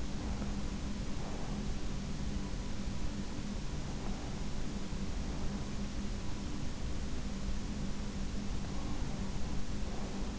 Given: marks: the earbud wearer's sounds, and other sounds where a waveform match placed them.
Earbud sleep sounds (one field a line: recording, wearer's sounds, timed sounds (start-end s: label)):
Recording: sounds in sleep by an in-ear microphone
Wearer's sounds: breath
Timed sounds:
0.00-1.94 s: breath
8.62-10.39 s: breath